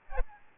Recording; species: mosquito wingbeat signal from an infrared sensor; Aedes albopictus